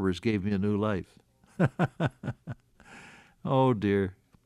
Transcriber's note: laughs